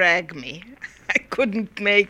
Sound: she laughs

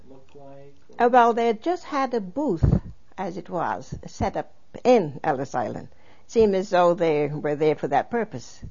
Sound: none

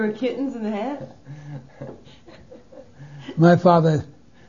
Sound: laughs

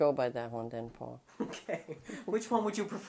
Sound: chuckles

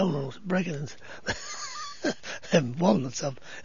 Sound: he laughs

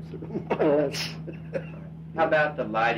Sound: laughter

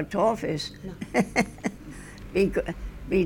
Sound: she laughs

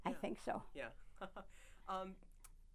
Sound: laughs

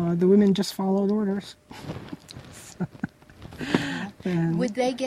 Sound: laughs

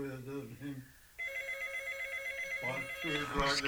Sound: A telephone rings

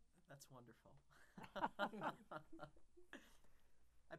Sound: they laugh

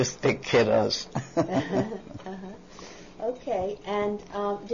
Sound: she laughs

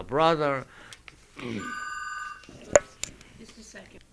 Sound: a telephone rings

